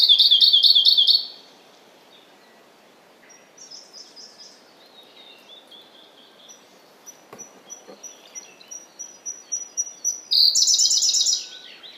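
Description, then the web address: Siberian blue robin song: a loud, rapid trilled phrase, then a run of soft, quick repeated ticking notes building to a second loud, high, rattling trill near the end. "izumino saunndo koruri"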